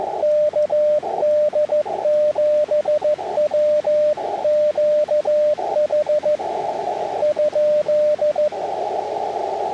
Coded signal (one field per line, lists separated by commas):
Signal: Morse code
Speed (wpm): 14 wpm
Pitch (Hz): 590 Hz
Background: music, radio noise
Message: KD7WQH ?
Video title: Parks on the Air Morse Code (CW) activation summary